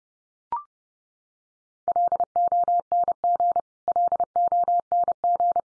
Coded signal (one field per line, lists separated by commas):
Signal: Morse code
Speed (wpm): 30 wpm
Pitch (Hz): 700 Hz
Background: none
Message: LONG LONG